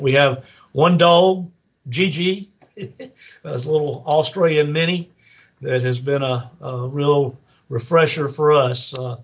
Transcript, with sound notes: We have one dog, Gigi, (laughs) a little Australian mini that has been a real refresher for us.